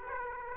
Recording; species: mosquito wingbeat signal from an infrared sensor; Aedes aegypti